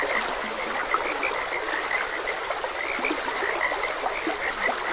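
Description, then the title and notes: Dense chorus of frogs, short croaks repeating rapidly and overlapping, with a constant gentle rush of stream water. Frogs croaking beside a gentle stream, presented as calming nature ambience for rest and sleep. "Frogs Croaking. Sleep and Relaxation Podcast"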